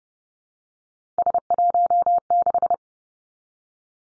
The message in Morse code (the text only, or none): S16